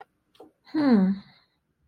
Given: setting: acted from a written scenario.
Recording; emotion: vocal sound without words; interest